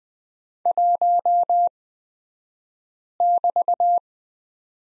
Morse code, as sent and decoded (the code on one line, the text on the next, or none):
.---- -...-
1<BT>